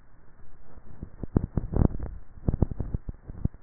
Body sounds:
swallowing sounds by neck microphone; 1
1.75-3.43 s: swallow
From the record:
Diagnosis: dysphagia

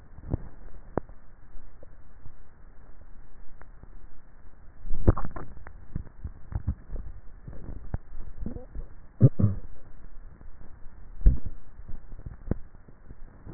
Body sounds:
swallowing sounds by neck microphone; 3
4.85-5.95 s: swallow
6.32-7.68 s: swallow
8.25-9.88 s: swallow
From the record:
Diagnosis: dysphagia

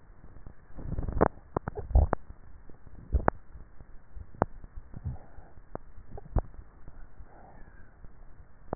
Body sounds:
swallowing sounds by neck microphone; 4
1.68-2.42 s: swallow
2.95-3.88 s: swallow
4.22-5.18 s: swallow
6.18-6.82 s: swallow
From the record:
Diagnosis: dysphagia

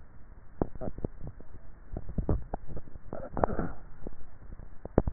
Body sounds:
swallowing sounds by neck microphone; 1
1.82-3.62 s: swallow
From the record:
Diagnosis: dysphagia

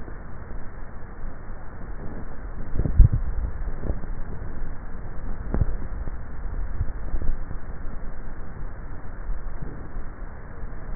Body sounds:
swallowing sounds by neck microphone; 3
2.53-3.90 s: swallow
4.20-5.48 s: swallow
5.97-7.37 s: swallow
From the record:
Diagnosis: dysphagia

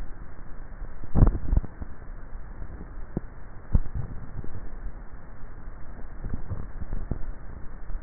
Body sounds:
swallowing sounds by neck microphone; 2
3.68-4.85 s: swallow
6.22-7.08 s: swallow
From the record:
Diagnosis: dysphagia

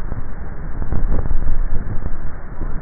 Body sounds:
swallowing sounds by neck microphone; 1
1.25-2.15 s: swallow
From the record:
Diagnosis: dysphagia

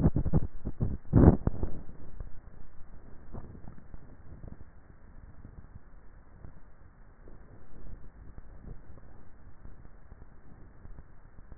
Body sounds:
swallowing sounds by neck microphone; 2
3.32-4.78 s: swallow
8.75-9.82 s: swallow
From the record:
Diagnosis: dysphagia

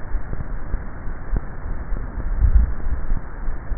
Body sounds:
swallowing sounds by neck microphone; 1
2.23-2.97 s: swallow
From the record:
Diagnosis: dysphagia

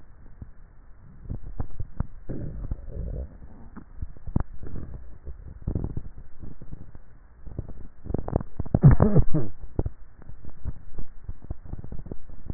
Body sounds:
swallowing sounds by neck microphone; 3
1.62-2.45 s: swallow
3.95-4.78 s: swallow
10.25-11.15 s: swallow
From the record:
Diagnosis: dysphagia

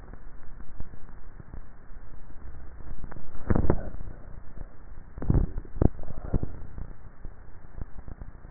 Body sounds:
swallowing sounds by neck microphone; 1
5.25-5.98 s: swallow
From the record:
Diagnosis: dysphagia

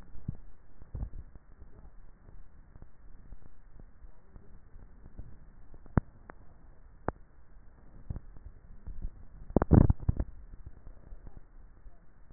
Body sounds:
swallowing sounds by neck microphone; 2
0.33-1.00 s: swallow
9.87-10.57 s: swallow
From the record:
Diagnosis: dysphagia

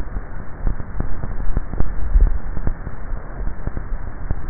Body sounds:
swallowing sounds by neck microphone; 1
1.85-3.08 s: swallow
From the record:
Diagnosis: dysphagia

